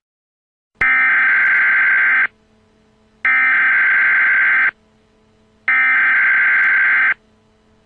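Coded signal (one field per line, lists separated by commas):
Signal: Emergency Alert System (SAME) tones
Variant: header bursts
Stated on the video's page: Recreated EAS alert based on a real tornado event, made as an anniversary tribute.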